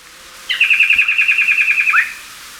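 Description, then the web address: Rufous antpitta giving a rapid trill of many short whistled notes over one and a half seconds, ending in a brief upward slurred note. Ecuador. "Birds of Ecuador 2. Rufous Antpitta"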